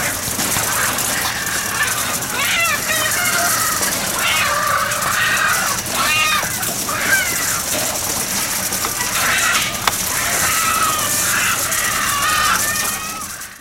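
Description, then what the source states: Chickens giving alarm calls, a flurry of harsh, rising and falling squawks from several birds overlapping throughout, over a steady loud hiss. Scared chickens.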